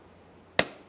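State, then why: Seated. A plastic latch-cable retainer on a 2013-2020 Ford Fusion front interior door handle has its hooked end slid under a tab and is pivoted down and pressed into the handle housing. A single sharp click sounds at 0.6 s over quiet background, then it is given a light tug to check. The part is confirmed seated.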